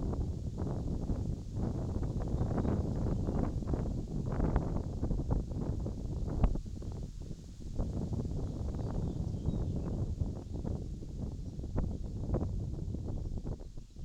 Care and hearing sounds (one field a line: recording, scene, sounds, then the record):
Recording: everyday scene through a hearing-aid microphone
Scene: wind on the microphone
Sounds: wind, birds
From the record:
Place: in front of a rural house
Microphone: in the ear canal, left